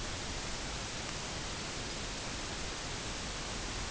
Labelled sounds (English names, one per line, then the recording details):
none
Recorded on Arctic tundra, site UTQI-0, on 13 June 2019
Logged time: 00:00